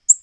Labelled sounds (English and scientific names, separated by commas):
Black-throated Green Warbler (Setophaga virens) flight call